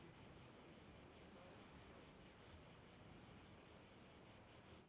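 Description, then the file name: Cicadas buzzing together in a high, sizzling drone with gentle rhythmic swells, steady throughout and fading out at the very end, low rumble underneath. Cicadas calling at night. "Ambience Cicadas Night"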